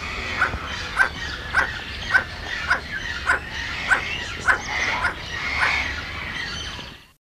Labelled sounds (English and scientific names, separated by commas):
Emerald Toucanet (Aulacorhynchus prasinus) call